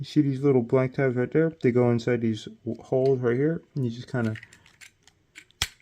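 Someone talks while pressing small plastic tabs on a Legacy United Animated Optimus Prime transforming action figure into their matching holes. After the talk stops, a few faint clicks lead to one sharp snap at 5.6 s, and the tabs are seated.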